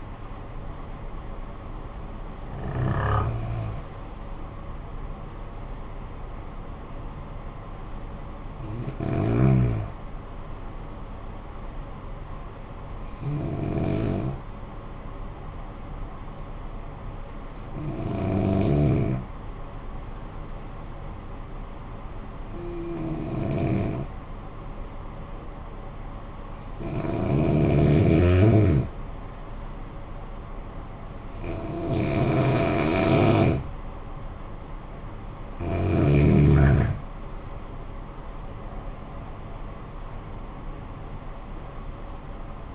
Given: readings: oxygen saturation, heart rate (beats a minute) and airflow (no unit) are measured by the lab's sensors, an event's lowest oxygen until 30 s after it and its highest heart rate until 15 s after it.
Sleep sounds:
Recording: breathing in sleep by a smartphone at the bedside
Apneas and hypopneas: 1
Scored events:
15.00-30.80 s: hypopnea (N1, oxygen 96% highest, then 90% lowest, heart rate 54 at the start, 69 highest)
From the record:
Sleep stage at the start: N1 (lightest sleep)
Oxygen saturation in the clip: 91 to 96%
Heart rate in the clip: 48 to 67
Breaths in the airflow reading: 9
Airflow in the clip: -12.0 to 12.9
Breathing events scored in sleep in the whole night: 445 in 7.6 hours asleep

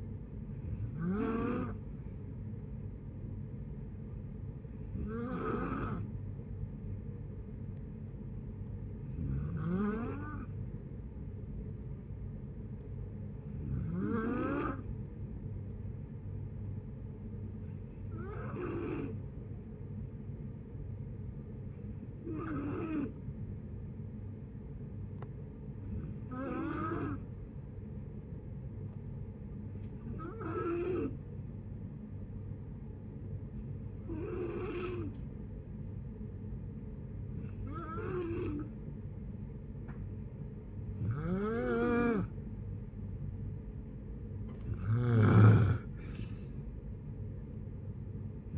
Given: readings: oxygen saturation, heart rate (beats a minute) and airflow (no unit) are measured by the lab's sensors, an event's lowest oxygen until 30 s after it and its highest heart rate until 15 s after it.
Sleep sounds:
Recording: breathing in sleep by a smartphone at the bedside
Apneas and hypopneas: 1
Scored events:
24.00-41.80 s: hypopnea (N2, oxygen 93% highest, then 90% lowest, heart rate 61 at the start, 70 highest)
From the record:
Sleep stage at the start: N2 (light sleep)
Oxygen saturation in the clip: 89 to 94%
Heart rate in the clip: 61 to 69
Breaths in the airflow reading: 12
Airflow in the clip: -5.7 to 5.8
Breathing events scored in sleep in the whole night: 496 in 5.4 hours asleep

